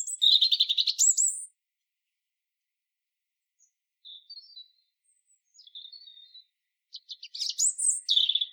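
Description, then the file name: European robin song: a burst of high, thin trilled notes, then soft scattered twitters after a pause, and another bright phrase sliding downward at the end. "Erithacus rubecula"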